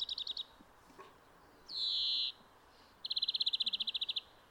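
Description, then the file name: European greenfinch giving a short rapid trill, then a long nasal wheezing buzz that drops slightly, followed by a longer fast trill of ringing notes. "Chloris chloris"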